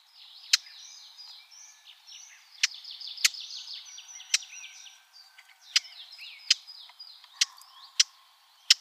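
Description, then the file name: Eurasian blackcap: loud, dry tack notes at irregular intervals over a continuous high twittering. "Sylvia atricapilla"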